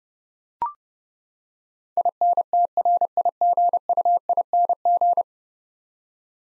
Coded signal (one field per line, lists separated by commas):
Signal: Morse code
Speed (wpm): 30 wpm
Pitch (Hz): 700 Hz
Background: none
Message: INTRIGUING